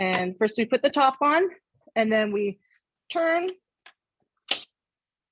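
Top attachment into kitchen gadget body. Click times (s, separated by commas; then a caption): 4.5 s. Someone talks while the top attachment is put onto a kitchen gadget body, a cheese grater/slicer attachment, and turned. A short, sharp click at 4.5 s marks the twist-lock top locking into place so it won't move.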